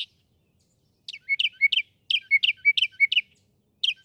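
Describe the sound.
Northern mockingbird repeating a short, bouncy warbled phrase several times rapidly, with brief pauses between runs.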